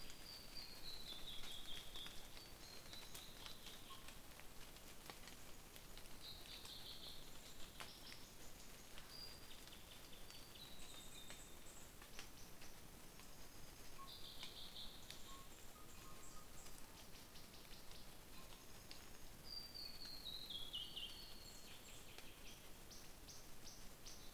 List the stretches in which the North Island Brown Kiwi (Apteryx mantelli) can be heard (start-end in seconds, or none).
none